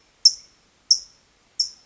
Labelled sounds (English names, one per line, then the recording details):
California Towhee
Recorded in Sonoma County, California